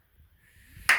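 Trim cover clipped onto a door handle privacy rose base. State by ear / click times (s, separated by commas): seated / 0.9 s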